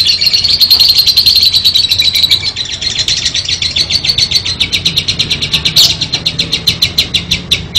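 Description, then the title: Lovebird song of fast, high, scratchy chirps repeated several times a second in one continuous rattling stream. "Suara Burung Lovbred"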